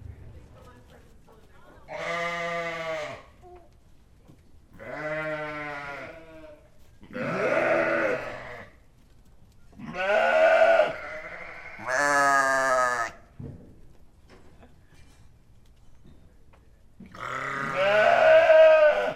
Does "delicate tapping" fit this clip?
no